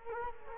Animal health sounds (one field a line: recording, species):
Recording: mosquito wingbeat signal from an infrared sensor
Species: Culex quinquefasciatus